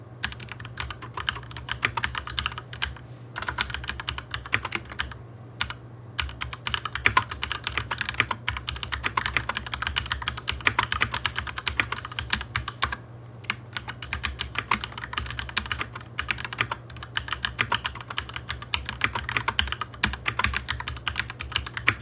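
Fast, steady typing on a mechanical keyboard with red switches, with dense overlapping key clacks and crisp bright taps. Short pauses break the flow around three, six and thirteen seconds. A low, constant hum sits underneath throughout.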